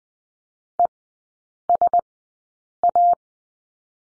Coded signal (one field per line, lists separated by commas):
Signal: Morse code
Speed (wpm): 20 wpm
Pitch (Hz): 700 Hz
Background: none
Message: ESA